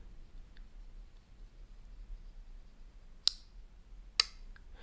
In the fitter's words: you hear that two clicks one for the detent ball and then the final one wooden when the lock bar slides into place